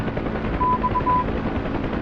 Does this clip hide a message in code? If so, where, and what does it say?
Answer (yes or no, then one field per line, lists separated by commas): no